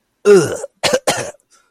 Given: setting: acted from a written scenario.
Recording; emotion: vocal sound without words; disgust